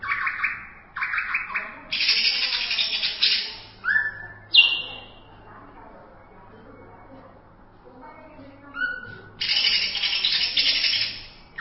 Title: Cucak ijo